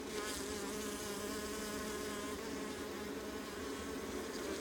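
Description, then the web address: Honey bees humming together in a thick, unbroken buzz, steady in pitch throughout the short stretch. Honey bee colony recorded close up on the Adriatic coast, northern Mediterranean. "Ivo Vicic - Northern Mediterranean soundscapes - Adriatic sea. Honey bee colony close"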